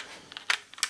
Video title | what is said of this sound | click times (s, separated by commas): Glock 27 40 S&W | just clicks back in like that and the whole weapon | 0.8 s